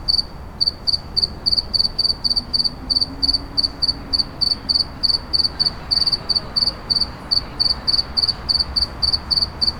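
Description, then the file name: Cricket chirping loudly and evenly, short shrill bursts about three per second, with a faint low droning tone passing in the background. Recorded in a city. "Sverchock in da City"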